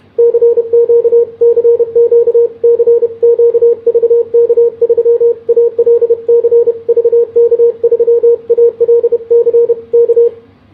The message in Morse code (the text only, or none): CQ CQ CQ VK3ALC VK3ALC K